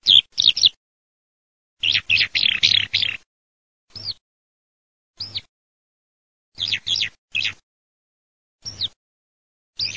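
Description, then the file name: Eurasian skylark giving short bursts of high, rolling chirrups and liquid trills, separated by abrupt silences, with a longer twittering run near two seconds and a faint low hum. "ALLODOLA"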